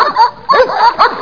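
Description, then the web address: Dog making quick whiny yips and whimpers, three clustered bursts with bending pitch. "Talking. E Mail. DOG"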